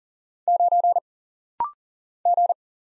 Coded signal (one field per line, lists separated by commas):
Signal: Morse code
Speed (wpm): 42 wpm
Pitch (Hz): 700 Hz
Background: none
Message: 9 G